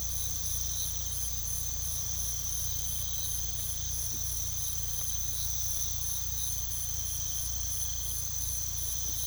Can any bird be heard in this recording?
no